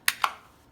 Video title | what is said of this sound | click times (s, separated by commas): How to Dissemble & Reassemble the JOEmo Lid | I want you to wiggle it in there and then click it down you're good | 0.1 s, 0.2 s